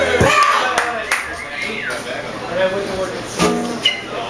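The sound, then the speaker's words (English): A crowd applauds steadily, a dense wash of many hands clapping with a few sharper, louder claps cutting through, along with cheers and shouts rising over the sustained applause. “put your hands together for Adam now”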